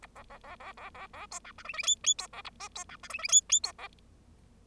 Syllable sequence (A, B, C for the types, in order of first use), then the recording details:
A B B B B B B B C D E F F G G C B A H C D E F F G G C B. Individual Bird0